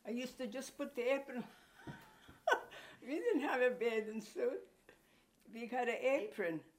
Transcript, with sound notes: I used to just put the apron on. (laughing) We didn't have a bathing suit. We had a apron